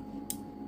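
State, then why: Seated. A key is turned the opposite way to 45° in a cheap Taiwanese steel handcuff until the double-lock bar indents, giving a single sharp, bright click at 0.3 s over a steady low hum. The double lock is reset.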